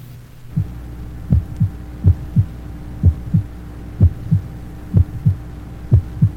Age 25, normal heart sounds, mitral area.